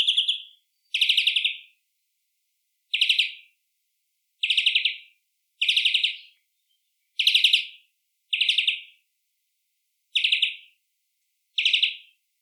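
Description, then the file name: European greenfinch calls: nine short buzzy chirps at intervals of about one to two seconds. "Chloris chloris"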